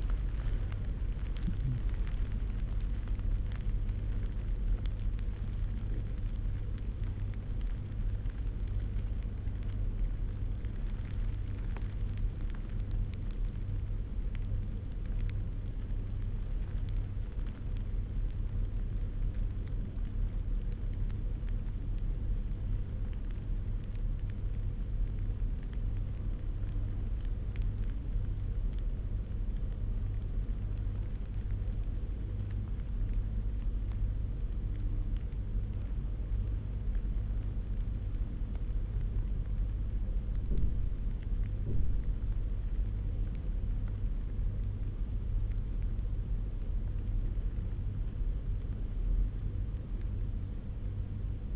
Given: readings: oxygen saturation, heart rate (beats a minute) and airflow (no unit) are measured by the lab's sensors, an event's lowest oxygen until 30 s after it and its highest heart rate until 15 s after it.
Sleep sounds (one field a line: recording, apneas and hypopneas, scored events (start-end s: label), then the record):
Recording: breathing in sleep by a smartphone at the bedside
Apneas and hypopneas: 1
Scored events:
11.00-44.60 s: hypopnea (N1, oxygen 98% highest, then 95% lowest)
From the record:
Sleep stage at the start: N1 (lightest sleep)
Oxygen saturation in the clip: 91 to 98%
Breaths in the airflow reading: 10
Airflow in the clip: -10.0 to 13.9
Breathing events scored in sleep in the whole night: 201 in 6.5 hours asleep